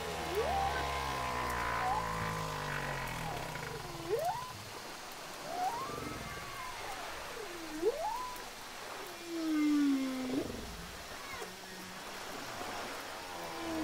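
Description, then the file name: Whale song of repeated swooping tones, each dipping and rising again, over a noisy background. "chant des baleines"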